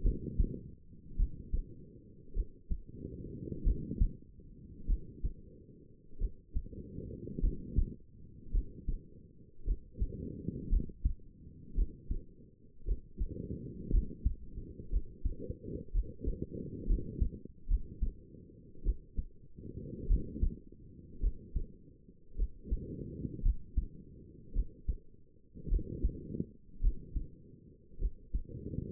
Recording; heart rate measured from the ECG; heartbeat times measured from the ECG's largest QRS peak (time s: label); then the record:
heart sounds by stethoscope; 54 bpm
0.03 s: heartbeat
1.17 s: heartbeat
2.34 s: heartbeat
3.64 s: heartbeat
4.87 s: heartbeat
6.19 s: heartbeat
7.41 s: heartbeat
8.52 s: heartbeat
9.65 s: heartbeat
10.70 s: heartbeat
11.76 s: heartbeat
12.86 s: heartbeat
13.91 s: heartbeat
14.91 s: heartbeat
15.92 s: heartbeat
16.87 s: heartbeat
17.68 s: heartbeat
18.84 s: heartbeat
20.08 s: heartbeat
21.21 s: heartbeat
22.37 s: heartbeat
23.43 s: heartbeat
24.54 s: heartbeat
25.69 s: heartbeat
26.81 s: heartbeat
27.99 s: heartbeat
From the record:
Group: healthy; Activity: rest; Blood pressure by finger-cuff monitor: 102/60 mmHg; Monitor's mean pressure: 74 mmHg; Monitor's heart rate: 53 bpm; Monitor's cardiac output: 5.1 L/min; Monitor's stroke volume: 95 mL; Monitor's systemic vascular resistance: 1050 dyn s/cm5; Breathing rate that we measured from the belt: 19 breaths a minute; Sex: female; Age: 28 years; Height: 170 cm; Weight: 77 kg